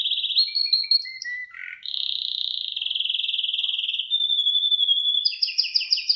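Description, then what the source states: Canary song: high trills and rapid rolls, starting with short stepped notes, then a long steady buzzy trill and finishing with fast sweeping repeated notes. Irish Fancy breed canary.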